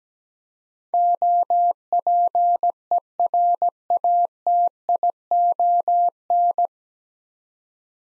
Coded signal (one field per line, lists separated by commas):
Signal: Morse code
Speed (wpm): 17 wpm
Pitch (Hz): 700 Hz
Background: none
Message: OPERATION